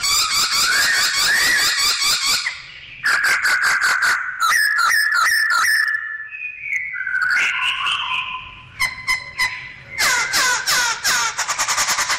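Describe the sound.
Bird delivering a busy song of rapid harmonic trills, clipped notes and sliding whistles, with varied phrases and brief pauses throughout.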